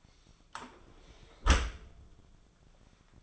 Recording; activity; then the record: daily activity, microphone in the room; close dishwasher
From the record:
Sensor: 5